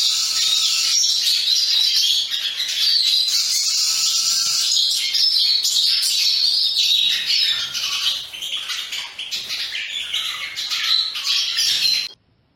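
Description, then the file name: Lawrence's goldfinch song: a long, loud stream of high twittering and buzzy chatter that runs nonstop for about twelve seconds before cutting off abruptly. "Canto do pintassilgo lawrence"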